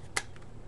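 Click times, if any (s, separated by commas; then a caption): 0.2 s. A paintball marker body half, an Empire Prophecy, is slid on against spring pressure with its ridge on top of the raceway. It clicks into place with a single sharp click at 0.2 s and is seated. A faint smaller tick follows at about 0.4 s.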